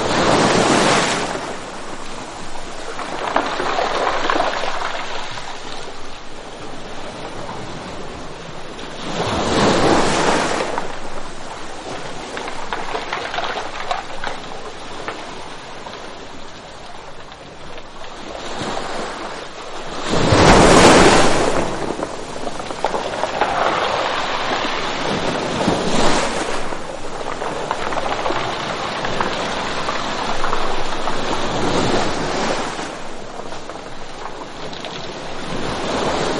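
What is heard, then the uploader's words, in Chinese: Rough sea waves crash against rocks, with loud surges around 1, 10, 20–21, 26 and 32 seconds rising over a constant hiss of churning water. Between crashes the wash stays dense and rushing, and a low wind rumble sits underneath throughout. 汹涌的海浪扑打在礁石上。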